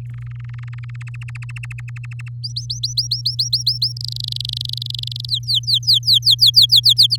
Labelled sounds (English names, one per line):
Domestic Canary song